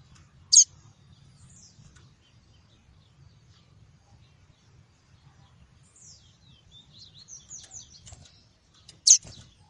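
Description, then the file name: Double-collared seedeater with two sharp, high notes about eight seconds apart, separated by faint, thin twittering, over soft low background noise. "Tui-tui" song variety. "canto do papa capim tui tui"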